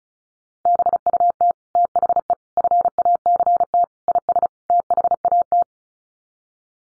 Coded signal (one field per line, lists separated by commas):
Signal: Morse code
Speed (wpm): 34 wpm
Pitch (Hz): 700 Hz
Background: none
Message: BUT THE FACT IS THAT